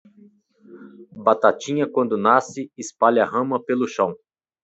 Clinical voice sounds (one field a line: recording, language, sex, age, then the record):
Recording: short text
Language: Brazilian Portuguese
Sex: male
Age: 40 to 49 years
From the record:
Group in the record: control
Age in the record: 40 years